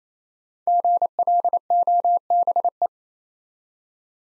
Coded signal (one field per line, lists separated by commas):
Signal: Morse code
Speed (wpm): 27 wpm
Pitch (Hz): 700 Hz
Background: none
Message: GLOBE